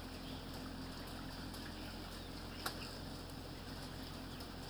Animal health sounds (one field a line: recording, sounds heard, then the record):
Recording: poultry house recording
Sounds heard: healthy chickens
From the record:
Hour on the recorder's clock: 17